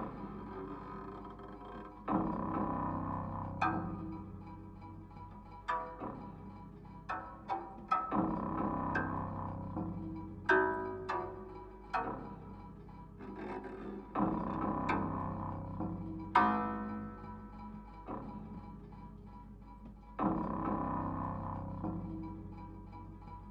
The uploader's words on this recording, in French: Objet usuels détournés de lutherie inventée ou de matériaux naturelles. La manipulation des objets, des matières.